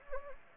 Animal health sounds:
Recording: mosquito wingbeat signal from an infrared sensor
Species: Anopheles gambiae

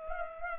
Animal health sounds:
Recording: mosquito wingbeat signal from an infrared sensor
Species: Culex pipiens

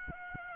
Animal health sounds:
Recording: mosquito wingbeat signal from an infrared sensor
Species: Aedes aegypti

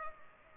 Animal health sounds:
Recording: mosquito wingbeat signal from an infrared sensor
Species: Culex pipiens

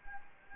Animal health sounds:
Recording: mosquito wingbeat signal from an infrared sensor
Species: Anopheles gambiae

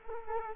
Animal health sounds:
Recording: mosquito wingbeat signal from an infrared sensor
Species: Culex quinquefasciatus

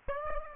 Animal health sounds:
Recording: mosquito wingbeat signal from an infrared sensor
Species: Aedes aegypti

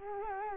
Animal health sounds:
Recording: mosquito wingbeat signal from an infrared sensor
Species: Culex quinquefasciatus

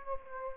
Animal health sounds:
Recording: mosquito wingbeat signal from an infrared sensor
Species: Aedes aegypti

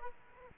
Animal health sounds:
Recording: mosquito wingbeat signal from an infrared sensor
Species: Aedes aegypti

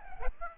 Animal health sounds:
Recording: mosquito wingbeat signal from an infrared sensor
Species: Aedes albopictus

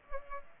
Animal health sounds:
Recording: mosquito wingbeat signal from an infrared sensor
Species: Culex pipiens

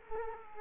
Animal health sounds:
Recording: mosquito wingbeat signal from an infrared sensor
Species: Culex quinquefasciatus

